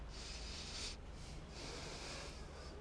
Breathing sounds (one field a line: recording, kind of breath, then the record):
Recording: one breath in and out by a microphone near the nose and mouth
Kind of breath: deep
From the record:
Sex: male